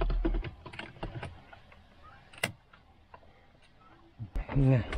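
A plastic console trim piece is fitted into the centre console of a Renault car with an EDC gearbox during a shifter box installation, alongside the shifter box wiring. After earlier failed tries, a sharp, loud snap at 2.4 s marks the piece seating in place, amid light handling taps and rustling. Someone talks near the start and end.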